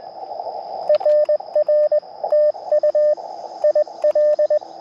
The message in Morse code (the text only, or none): RR TU IL